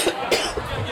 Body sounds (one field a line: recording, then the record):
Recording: coughing mixed with background sound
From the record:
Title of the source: 55 gaggy wet cough